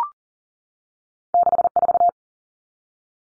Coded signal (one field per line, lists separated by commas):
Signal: Morse code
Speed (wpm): 40 wpm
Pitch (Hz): 700 Hz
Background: none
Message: 64